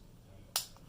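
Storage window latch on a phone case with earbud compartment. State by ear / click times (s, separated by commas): seated / 0.6 s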